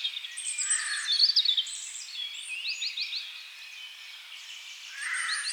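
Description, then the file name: European robin singing high, tinkling phrases of rapid notes, louder at first, then quieter and thinner, with a fuller burst near the end. "Erithacus rubecula"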